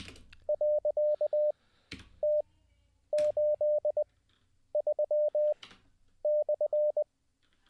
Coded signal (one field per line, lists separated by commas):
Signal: Morse code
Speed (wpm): 20 wpm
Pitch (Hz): 600 Hz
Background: none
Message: .T83/